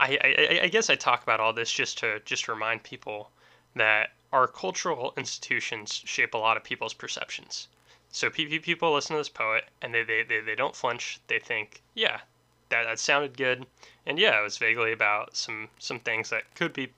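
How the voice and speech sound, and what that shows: Adult male speaker with stuttering, heard as repeated whole words such as "I, I, I" and "they, they, they, they", with pauses in otherwise fluent speech.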